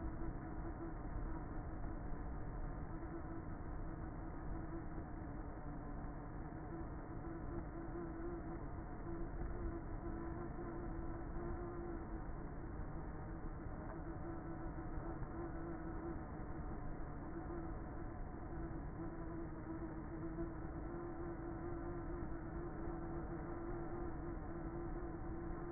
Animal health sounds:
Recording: honeybee colony, microphone inside the hive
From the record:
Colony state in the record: queenless with a low population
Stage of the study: before two queens were removed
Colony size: about 30,000 bees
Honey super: no

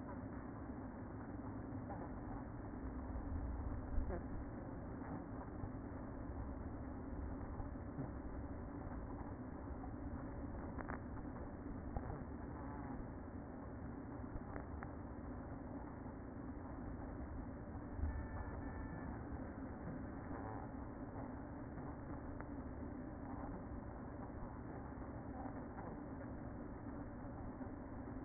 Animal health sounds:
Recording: honeybee colony, microphone inside the hive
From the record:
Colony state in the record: queen present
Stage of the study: after two queens were removed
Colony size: about 60,000 bees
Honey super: yes

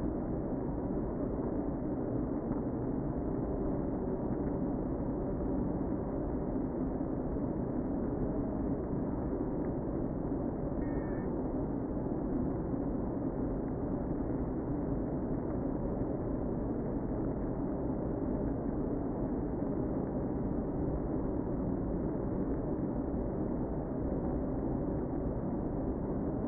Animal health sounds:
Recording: honeybee colony, microphone inside the hive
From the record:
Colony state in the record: queen present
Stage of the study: before two queens were removed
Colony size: about 60,000 bees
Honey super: yes

